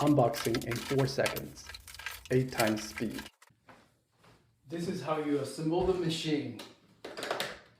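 Someone talks while a canister vacuum's wand section is handled and brought toward its hose or canister connector, with a few brief sharp sounds near 3.4 s and again around 7.0 to 7.4 s. Nothing has seated or clicked in yet when the clip ends.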